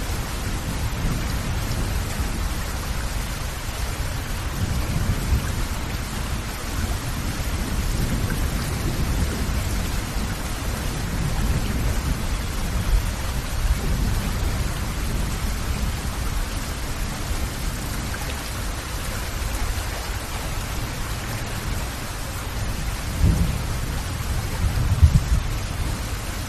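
Heavy rain pours down in a dense, steady hiss that fills the whole clip at an even level. Low rumbling swells roll underneath throughout, like thunder, with a slightly stronger surge and a sharp knock near the end.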